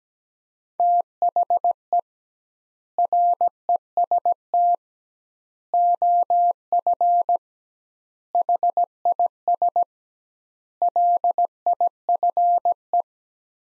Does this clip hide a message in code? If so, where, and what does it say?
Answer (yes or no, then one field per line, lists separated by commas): yes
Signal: Morse code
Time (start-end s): 0.8-13.0 s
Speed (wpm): 17 wpm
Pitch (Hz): 700 Hz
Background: none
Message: THE REST OF HIS LIFE